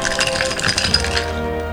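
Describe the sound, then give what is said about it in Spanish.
Dice are thrown, clattering and tumbling in a quick burst of bright, hard clicks and rattles that settle after about a second, over a steady tonal background. “Los creyos tira los dados.”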